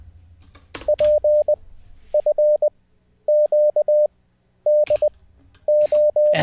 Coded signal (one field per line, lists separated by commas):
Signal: Morse code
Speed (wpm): 20 wpm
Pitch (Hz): 600 Hz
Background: none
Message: PFQDO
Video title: How to Learn Morse Code LIVE with N0SSC (Day 30)